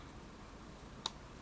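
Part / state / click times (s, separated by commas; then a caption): four-pin internal connector into flip phone board socket / seated / 1.1 s. During a teardown of a 2004 Motorola Razr V3 flip phone, a four-pin internal connector is slotted into its socket on the board. A single sharp click is heard at 1.1 seconds against a low background hum, and the connector is seated.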